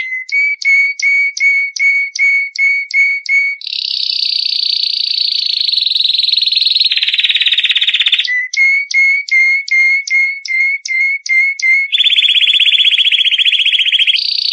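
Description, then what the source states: Canary song, a long continuous run of phrases: a series of repeated chirps about two to three per second, then sustained rapid trills switching pitch, then chirps again and more trills. Champion canary.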